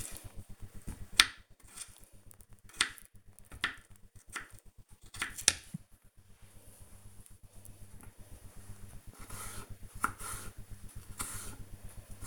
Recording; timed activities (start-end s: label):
household activities, microphone on the right wrist
0.00-12.27 s: cutting vegetables